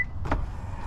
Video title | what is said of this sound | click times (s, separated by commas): The Best Ebike Rack You've Never Heard Of - PACYCLE Stabilise Rear Rack Review | plenty of space here and it just snaps back in place boom and we are | 0.3 s